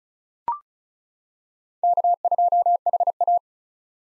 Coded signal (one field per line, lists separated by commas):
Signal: Morse code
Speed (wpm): 36 wpm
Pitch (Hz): 700 Hz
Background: none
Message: K2HA